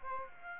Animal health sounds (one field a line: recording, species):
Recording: mosquito wingbeat signal from an infrared sensor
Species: Aedes aegypti